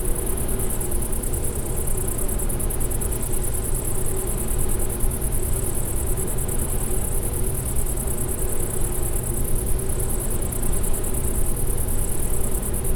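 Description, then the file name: Bush-cricket buzzing steadily, high and finely pulsed, with a loud low mechanical hum throughout. Recorded near a wind energy plant at Klein Leine, 20 August 2016, 22:24 h. "wind-energy-plant gbushcrick-SEV-AV 2224 h d bb klein-leine"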